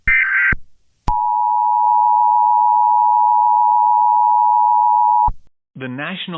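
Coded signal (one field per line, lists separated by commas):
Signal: Emergency Alert System (SAME) tones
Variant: 853 and 960 Hz attention tone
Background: speech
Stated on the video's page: Meme EAS tornado scenario, not real.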